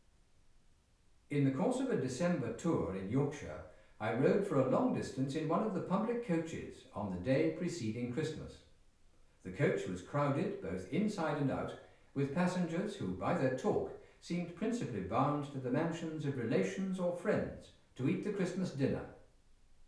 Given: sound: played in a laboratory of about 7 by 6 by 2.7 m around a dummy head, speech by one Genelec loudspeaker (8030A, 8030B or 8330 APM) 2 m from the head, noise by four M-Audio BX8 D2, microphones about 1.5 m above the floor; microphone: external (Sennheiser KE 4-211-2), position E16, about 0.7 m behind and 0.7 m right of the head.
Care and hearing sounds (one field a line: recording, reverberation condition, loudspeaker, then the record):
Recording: male speech in English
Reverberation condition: medium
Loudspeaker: 30 degrees to the left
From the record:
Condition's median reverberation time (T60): about 510 ms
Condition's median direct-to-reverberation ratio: about -0.5 dB